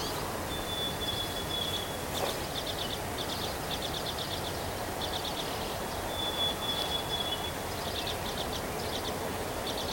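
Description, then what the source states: Bird song alternating a long, level high whistle with bursts of buzzy trilled notes, repeated over constant low rumbling noise. 3 May 2023.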